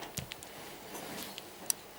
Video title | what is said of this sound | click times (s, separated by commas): transformers age of extinction scorn | and that's going to pop into place | 1.7 s